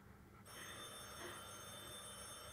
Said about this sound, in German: Telefon.